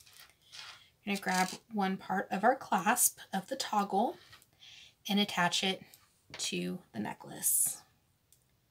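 Someone talks while picking up one half of a metal toggle clasp, held on a metal jump ring, to attach it by hand to a beaded necklace from the Soft Flex Company TGBE Fall 2023 Harvest Moon bead kit, Turquoise Owl set. Faint handling sounds come between the words. The jump ring has not yet been twisted shut and nothing has clicked closed yet.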